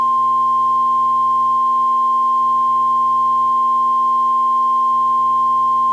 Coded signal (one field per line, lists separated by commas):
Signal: Emergency Alert System (SAME) tones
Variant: 1050 Hz attention tone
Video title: EAS Mock: Generic Texas Tornado II